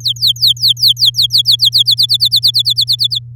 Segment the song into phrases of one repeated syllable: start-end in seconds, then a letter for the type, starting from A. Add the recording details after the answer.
0.00-1.95 A, 1.97-3.19 B. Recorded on 10 May 2018 at 15:03. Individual llb16